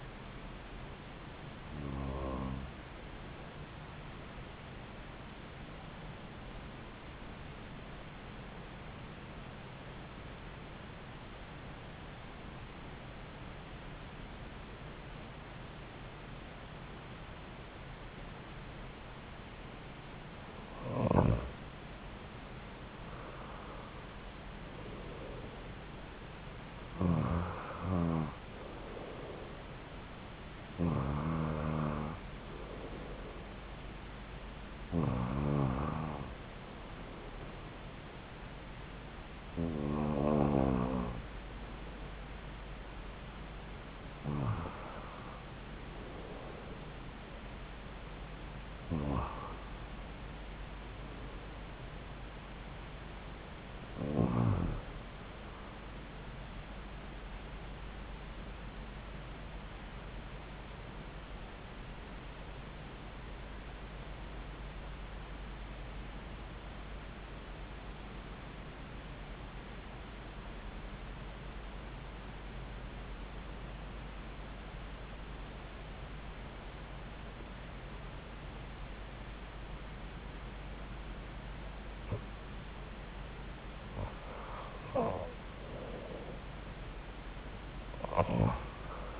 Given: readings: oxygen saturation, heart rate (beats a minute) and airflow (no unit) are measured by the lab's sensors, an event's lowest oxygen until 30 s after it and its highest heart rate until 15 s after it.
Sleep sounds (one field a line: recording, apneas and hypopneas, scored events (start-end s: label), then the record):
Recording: breathing in sleep by a voice recorder at the bedside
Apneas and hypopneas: 2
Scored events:
7.00-23.20 s: hypopnea (REM, oxygen 95% highest, then 91% lowest)
65.00-83.40 s: obstructive apnea (REM, oxygen 95% highest, then 87% lowest)
From the record:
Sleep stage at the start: REM sleep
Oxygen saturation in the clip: 91 to 95%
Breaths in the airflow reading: 15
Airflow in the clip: -5.8 to 6.1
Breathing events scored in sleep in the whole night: 270 in 6.1 hours asleep